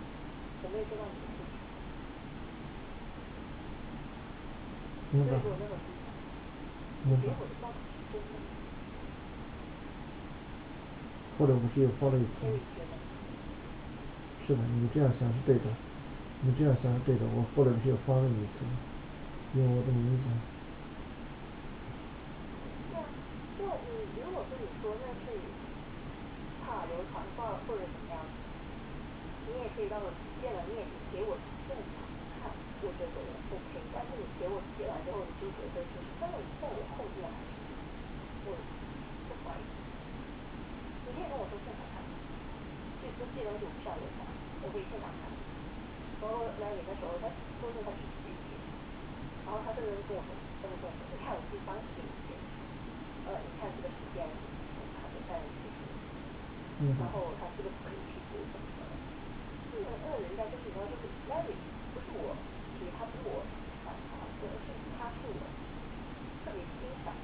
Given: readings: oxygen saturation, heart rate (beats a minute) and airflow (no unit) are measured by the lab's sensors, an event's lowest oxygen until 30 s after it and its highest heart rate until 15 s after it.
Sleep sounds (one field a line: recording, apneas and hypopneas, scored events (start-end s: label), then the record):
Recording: a person awake in a sleep study, by a voice recorder at the bedside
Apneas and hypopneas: none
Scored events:
0.00-67.24 s: awake
From the record:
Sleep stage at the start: awake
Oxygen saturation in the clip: 94 to 96%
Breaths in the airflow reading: 28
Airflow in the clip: -5.1 to 5.5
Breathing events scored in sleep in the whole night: 216 in 7.0 hours asleep